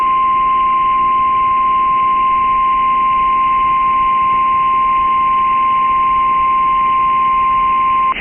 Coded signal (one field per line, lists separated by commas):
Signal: Emergency Alert System (SAME) tones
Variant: 1050 Hz attention tone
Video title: Severe Thunderstorm Warning (12/25/25) [EAS #343]